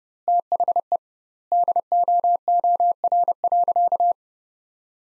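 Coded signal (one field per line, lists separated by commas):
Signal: Morse code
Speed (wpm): 32 wpm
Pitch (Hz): 700 Hz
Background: none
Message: THE DOOR.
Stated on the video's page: Morse practice sentences built from the top 400 words at 30 wpm, with twice the standard word spacing, similar to the Farnsworth method.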